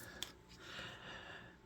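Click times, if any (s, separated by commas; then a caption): 0.2 s. A small plastic or metal part inside a vintage Mac SE floppy disk drive mechanism is snapped back into its correct position during reassembly. A single short, sharp click sounds at 0.2 s over a quiet background, and the part is seated.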